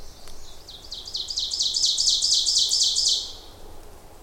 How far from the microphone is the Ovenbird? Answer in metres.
about 10 m